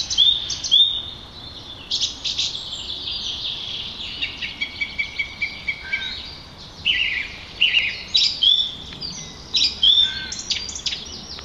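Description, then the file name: Song thrush singing a busy run of sharp chirps, whistles and clicked notes, phrases changing every second or two, over a constant hissing background. "Turdus philomelos - Song Trush"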